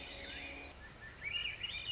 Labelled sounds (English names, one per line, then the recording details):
Swainson's Thrush
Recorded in Sonoma County, California